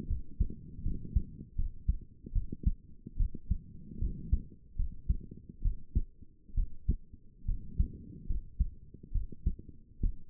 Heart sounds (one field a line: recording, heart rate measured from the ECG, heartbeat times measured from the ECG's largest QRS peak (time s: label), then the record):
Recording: heart sounds by stethoscope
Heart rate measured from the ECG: 73 bpm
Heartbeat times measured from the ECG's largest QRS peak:
0.07 s: heartbeat
0.83 s: heartbeat
1.55 s: heartbeat
2.32 s: heartbeat
3.17 s: heartbeat
3.99 s: heartbeat
4.76 s: heartbeat
5.62 s: heartbeat
6.54 s: heartbeat
7.45 s: heartbeat
8.26 s: heartbeat
9.12 s: heartbeat
10.00 s: heartbeat
From the record:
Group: healthy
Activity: rest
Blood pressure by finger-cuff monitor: 155/82 mmHg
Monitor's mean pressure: 99 mmHg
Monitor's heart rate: 71 bpm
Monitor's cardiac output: 6.4 L/min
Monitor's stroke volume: 90 mL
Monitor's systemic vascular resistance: 1120 dyn s/cm5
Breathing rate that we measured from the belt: 19 breaths a minute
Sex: female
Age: 22 years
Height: 154 cm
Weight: 58.7 kg